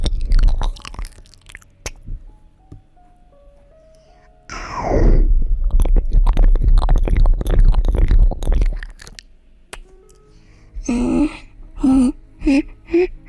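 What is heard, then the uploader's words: Ear eating: wet, crackling mouth sounds and clicks open the clip, then fade into near silence. From about four and a half seconds a dense burst of smacking and slurping runs until nine seconds. Short breathy, gasping vocal bursts follow near the end. ASMR Relaxing Ear Eating.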